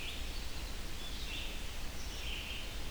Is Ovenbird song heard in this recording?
no